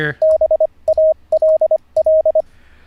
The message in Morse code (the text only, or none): BALL